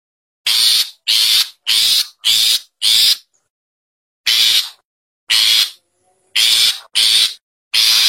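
Long-tailed Shrike uttering a rapid run of five rough, hissing rasps, then more of the same notes after a pause, with irregular spacing.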